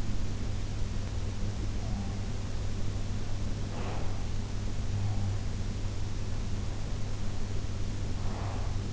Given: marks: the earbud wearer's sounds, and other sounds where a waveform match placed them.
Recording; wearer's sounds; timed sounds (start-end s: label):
sounds in sleep by an in-ear microphone; breath
3.63-4.28 s: breath
8.23-8.93 s: breath